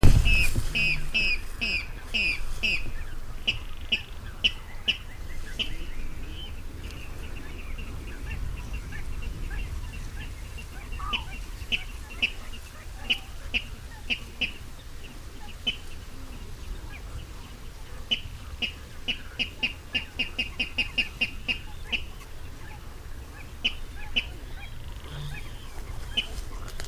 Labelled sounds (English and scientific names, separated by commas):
Water Rail (Rallus aquaticus)